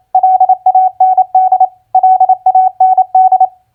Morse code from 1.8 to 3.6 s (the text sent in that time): LAND